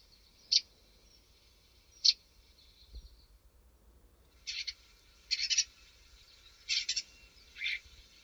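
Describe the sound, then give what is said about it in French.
A songbird sings alone: two short, sharp high notes spaced apart, then a quicker run of four or five louder, slightly buzzy whistled syllables against a faint low rumble. “Le chant est une longue phrase faite de sifflements divers alternant avec des syllabes plus mélodieuses.”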